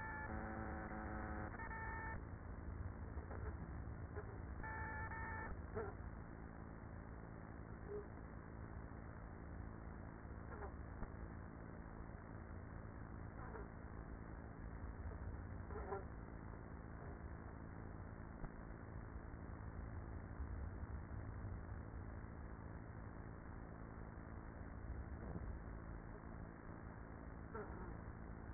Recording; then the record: honeybee colony, microphone inside the hive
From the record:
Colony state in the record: queenless with a low population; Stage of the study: after two queens were removed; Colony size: about 30,000 bees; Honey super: no